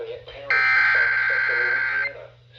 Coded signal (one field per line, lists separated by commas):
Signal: Emergency Alert System (SAME) tones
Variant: header bursts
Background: speech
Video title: Severe Thunderstorm Warning (EAS #67) (INCLUDING FM)